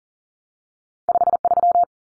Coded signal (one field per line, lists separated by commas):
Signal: Morse code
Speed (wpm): 40 wpm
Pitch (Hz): 700 Hz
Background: none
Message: 53